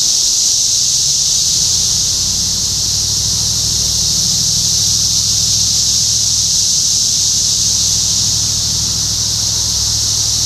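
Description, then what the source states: Cicadas in a dense chorus, a steady high shrill hiss holding unbroken for the whole stretch, with a faint low hum underneath. Several cicadas recorded in Topeka, Kansas, on 14 June 2015.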